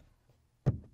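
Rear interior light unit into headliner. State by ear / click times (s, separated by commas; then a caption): not seated / none. A rear interior light unit for a 2011–2014 Hyundai Sonata is handled against the headliner, its rear clips placed first and its front side being pushed in. The clip stays quiet until a short, loud thump at about 0.6 seconds fades out. Nothing has seated or clicked yet.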